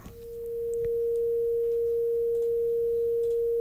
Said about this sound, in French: Ils font des si bémols. Des si bémols. Et j'ai envie d'entendre un petit si bémol juste pour voir qu'est-ce que ça donne.